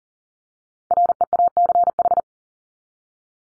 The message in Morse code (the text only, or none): REACH